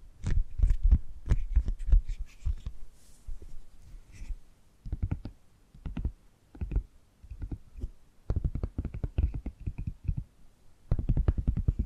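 Tapping and gripping sounds: quick, irregular taps come in dense bursts, thick and thumping low with sharp bright tops. Flurries fill the first two seconds, thin out around the middle with short pauses, then return in tight clusters near the end.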